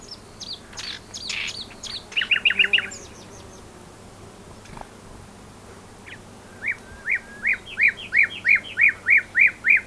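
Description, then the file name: Common nightingale song: mixed chattering notes, then a quick run of repeated notes, and after a pause a loud series of strong repeated sweeping notes. "Luscinia megarhynchos"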